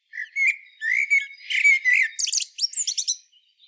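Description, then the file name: Common blackbird song: a mellow fluted warble of several slurred notes, then a bright, high, rapid chattering twitter. "Turdus merula"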